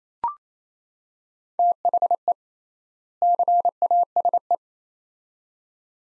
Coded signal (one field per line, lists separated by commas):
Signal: Morse code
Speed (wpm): 28 wpm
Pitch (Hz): 700 Hz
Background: none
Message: THE CASE